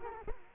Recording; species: mosquito wingbeat signal from an infrared sensor; Culex quinquefasciatus